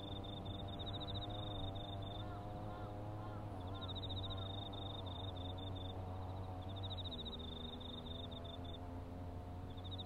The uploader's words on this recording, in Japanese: 環境音 機械音あり サツマイモ畑の草刈り。サツマイモの畝間を行ったり来たり、ひたすら草刈り機で草刈りです。そして、夜も徐々に肌寒くなってきて、頑張っているのはひたすら相手を探す秋虫たちの鳴き声。